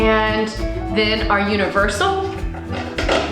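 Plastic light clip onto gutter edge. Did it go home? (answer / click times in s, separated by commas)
no / none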